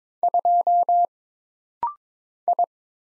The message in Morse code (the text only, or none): 2 I